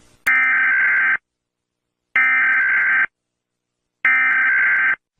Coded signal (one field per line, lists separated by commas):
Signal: Emergency Alert System (SAME) tones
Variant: header bursts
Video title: All Brazilian Provinces EAS Alarm Part 1